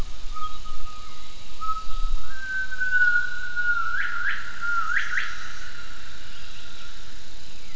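Gibbon whistled call: a long steady tone that rises slightly, then quick upswept notes midway through, over a constant background hiss.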